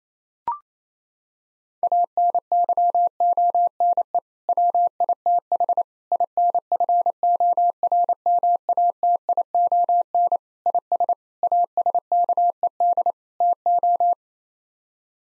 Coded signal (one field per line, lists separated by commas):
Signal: Morse code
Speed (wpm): 28 wpm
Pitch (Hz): 700 Hz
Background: none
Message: ANYONE WITH INFORMATION IS ASKED TO